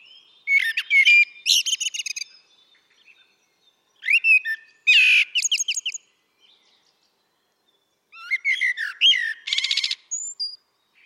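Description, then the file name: Common blackbird singing three separate phrases, each mixing fluty notes with rapid high-pitched twittering and chattering, with quiet gaps between them. "Turdus merula"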